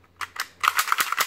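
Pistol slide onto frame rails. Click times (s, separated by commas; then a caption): 0.7 s, 0.9 s. Reassembling a black WE Glock G17 Gen.5 6mm gas blowback airsoft pistol after field stripping: the slide and its guide go back onto the polymer frame rails in reverse order. Two soft scrapes are followed by a run of sharp clicks, with distinct snaps at 0.7 s and 0.9 s. The slide is fitted and locked onto the frame.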